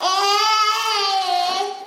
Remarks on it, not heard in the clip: A drawn-out groaning sound with emphasis on the R. It means your baby has some bowel discomfort, probably from lower gas. This sound comes from the tummy. If you breathe in and then push the air out with a tensed-up belly, you'll get this groan. It sounds like trying to push out a poo, because that's basically what the reflex is doing.